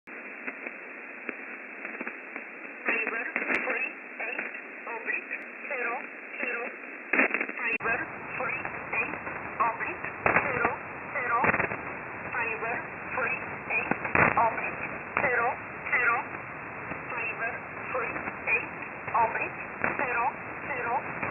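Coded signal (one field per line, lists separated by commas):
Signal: numbers station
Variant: E11 Oblique, English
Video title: 14 06 2021 Number station E11 Oblique in English to Eu 0900 on 7449 unknown tx site in USB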